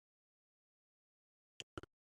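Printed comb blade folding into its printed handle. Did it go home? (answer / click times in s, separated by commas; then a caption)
yes / 1.6 s, 1.8 s. A 3D-printed plastic folding travel comb has its printed blade folded back into its printed handle until it snaps into its open position. After about 1.6 seconds of silence, sharp plastic clicks sound at 1.6 and 1.8 seconds, with a quieter tick just after the second. The comb snaps and seats in place.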